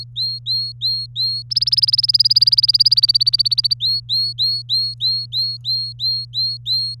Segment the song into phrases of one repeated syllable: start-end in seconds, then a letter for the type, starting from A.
0.00-1.42 A, 1.50-3.74 B, 3.80-6.95 A